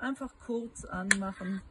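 A plastic brush cassette is laid without force onto the motor head of a pet grooming device while someone talks, as the motor is about to be switched on briefly so the cassette clicks into its mount. Nothing has seated or clicked yet.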